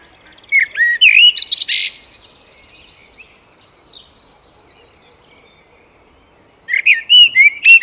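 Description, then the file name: Eurasian blackbird song: a fluty warbled phrase ending in a harsh squeaky burst, a quiet gap, then another whistled phrase with high twitters. "Turdus merula"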